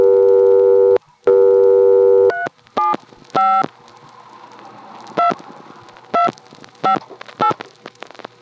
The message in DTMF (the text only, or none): 375 2258